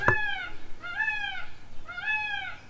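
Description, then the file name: Indian peafowl calls: three loud nasal wailing notes with arched harmonics, roughly one each second, following a brief click at the start. "Peacock"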